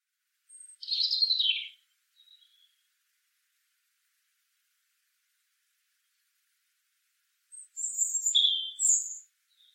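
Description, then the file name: European robin song: two separate high, thin warbled phrases roughly seven seconds apart, the first slurring downward, with silence between and no other sounds. "Erithacus rubecula"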